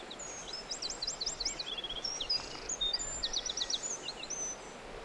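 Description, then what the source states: Bird song, a lively chorus of shrill chirps, fast zigzag trills and brief whistles, several birds at once, with low steady background noise. Birdsong in a forest.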